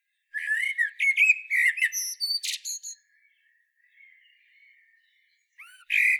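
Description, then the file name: Common blackbird song phrase of fluty whistles rising into a thin, scratchy twittering end; after a pause, a fresh phrase begins with a looping whistle. "Turdus merula"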